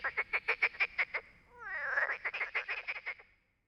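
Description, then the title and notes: Frogs croaking in rapid pulsed bursts, several animals overlapping into a rattling chorus that fades out near the end. Many frogs calling all night at a small pond by the Loire near Bréhémont, France; ignored recordist's attempts to make them answer; call when distant freight trains pass; Oktava MK012 ORTF, MixPre, Zoom H4n. "37130 Bréhémont, France - Trying to communicate with Frogs. un étang peuplé de grenouilles qui se sont mise à chanter toute la nuit. Elles se mettent cependant à chanter lorsqu'un train de marchandises passe au loin. A little pond next to the river Loire where we tried to sleep untill a bunch of frogs begin to sing"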